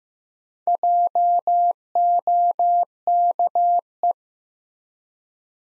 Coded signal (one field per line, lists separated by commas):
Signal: Morse code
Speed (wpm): 15 wpm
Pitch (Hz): 700 Hz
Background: none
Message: JOKE